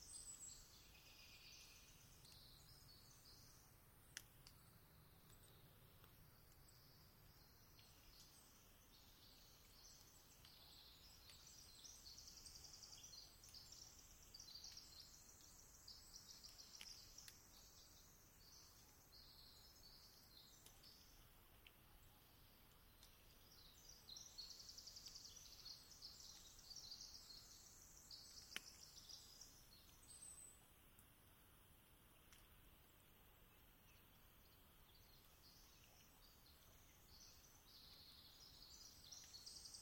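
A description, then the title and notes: A dawn chorus of forest birds rises in dense, high, chattering bursts that swell and fade every few seconds, thickest around 10–20 and 24–30 seconds. A soft low rumble runs underneath, and a couple of sharp clicks land near 4 and 28 seconds. Twilight, Dawn, and Sunrise in the Olympic National Forest, on Rugged Ridge near Sitkum and Calawah Rivers. Species include: Western Screech Owl, Varied Thursh, Pacific Wren, American Robin.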